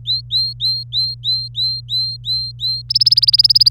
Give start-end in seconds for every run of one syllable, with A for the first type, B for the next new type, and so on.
0.05-2.82 A, 2.89-3.70 B